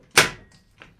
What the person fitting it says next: you heard that click